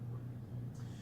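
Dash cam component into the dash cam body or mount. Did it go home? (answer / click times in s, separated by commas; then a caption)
no / none. A dash cam component is pushed toward the dash cam body or mount during assembly, but it fails to clip in. A steady low hum runs throughout with a faint hiss toward the end, and no click is heard, so the part has not seated.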